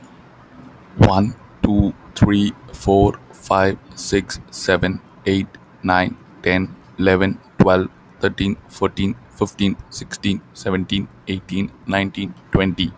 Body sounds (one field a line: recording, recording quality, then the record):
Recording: counting at a normal pace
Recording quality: excellent, no background noise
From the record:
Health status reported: recovered from COVID-19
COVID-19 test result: positive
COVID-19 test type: RT-PCR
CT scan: not taken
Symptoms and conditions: none ticked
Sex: male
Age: 22 years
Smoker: no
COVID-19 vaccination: none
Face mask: not worn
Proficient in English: yes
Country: India